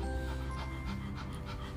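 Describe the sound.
Rhodesian Ridgeback panting: several quick, breathy huffs over a low, steady background hum.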